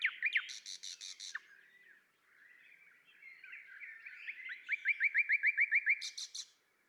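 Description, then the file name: Common nightingale song opening with harsh buzzy rattles, then soft warbling swelling into a fast series of repeated piping notes and another buzzy rattle. "Luscinia megarhynchos"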